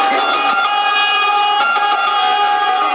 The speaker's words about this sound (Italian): L'ambulanza sta salendo qua.